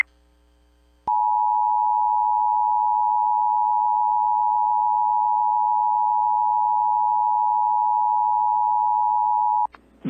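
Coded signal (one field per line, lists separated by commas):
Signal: Emergency Alert System (SAME) tones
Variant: 853 and 960 Hz attention tone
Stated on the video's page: NOAA Weather Radio alerts for a derecho hitting central Iowa and Des Moines.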